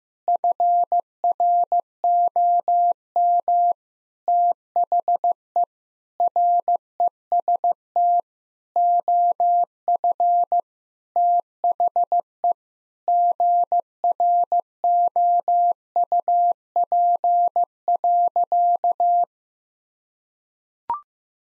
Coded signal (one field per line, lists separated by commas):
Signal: Morse code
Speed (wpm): 15 wpm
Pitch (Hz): 700 Hz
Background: none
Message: FROM THE REST OF THE GROUP.